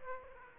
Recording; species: mosquito wingbeat signal from an infrared sensor; Aedes aegypti